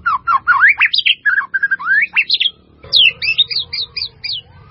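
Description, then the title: White-rumped Shama pouring out continuous looping whistles and slurs, then after a brief break a series of sharp high downslurred notes repeated rapidly; low background hum. "murai batu"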